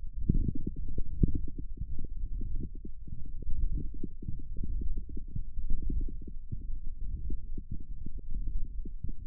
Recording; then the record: forearm muscle sounds (acoustic myography)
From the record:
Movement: ulnar deviation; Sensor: system 1, eight BSWA MPA416 microphones around the upper forearm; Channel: 8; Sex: male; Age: 23 years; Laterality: right